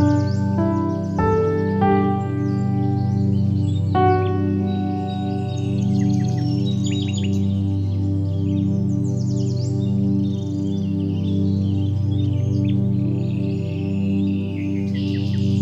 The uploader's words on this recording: Sleep Sounds: Birds and Soft Piano Music.